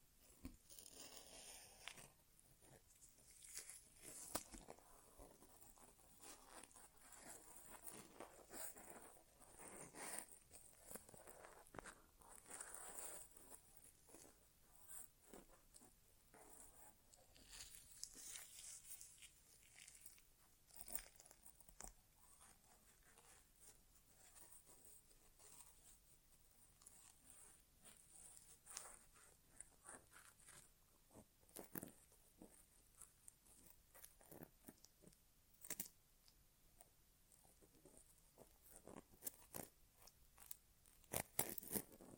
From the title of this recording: ASMR Inner Ear Exam (No Talking)